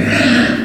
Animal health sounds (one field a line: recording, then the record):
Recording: squeal of a Yucatan mini pig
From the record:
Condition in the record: after surgery on the right vocal fold (resection and tissue-engineered implant)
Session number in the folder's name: 4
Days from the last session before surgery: 26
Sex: female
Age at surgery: 19 weeks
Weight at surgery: 25 kg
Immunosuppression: prednisolone